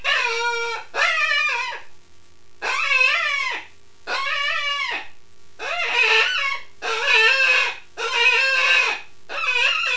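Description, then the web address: Rabbit squeals, harsh quavering cries repeated roughly every second, some bending down and up in pitch. "wild-game-downloads rabbits"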